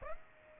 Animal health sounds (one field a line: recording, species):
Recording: mosquito wingbeat signal from an infrared sensor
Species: Aedes aegypti